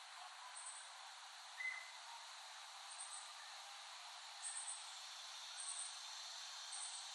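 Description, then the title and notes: Cicadas droning continuously in a dense high hiss, with a few brief higher chirps scattered across it. Several cicadas, recorded by Dan Bodah in West Brighton, Staten Island, late summer 2008. "Dronecast. The Cicadas of Summer. Recording of cicadas made by Dan Bodah in West Brighton, Staten Island, late summer 2008"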